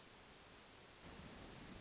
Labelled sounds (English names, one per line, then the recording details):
Hermit Thrush
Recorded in Sonoma County, California